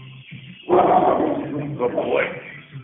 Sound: audible – dog barking